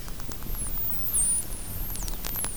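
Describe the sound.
Whale whistles: high, swooping tones over steady low rumbling noise and faint clicks.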